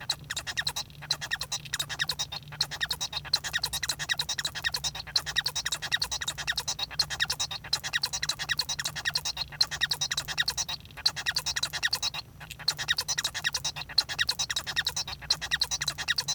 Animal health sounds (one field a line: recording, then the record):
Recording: song of a male Bengalese finch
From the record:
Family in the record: son of father 1